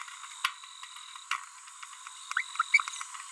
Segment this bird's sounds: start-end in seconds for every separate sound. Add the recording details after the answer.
2.37-2.41. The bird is a female. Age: 30 days. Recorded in a nest box in Venezuela. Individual 17B42B3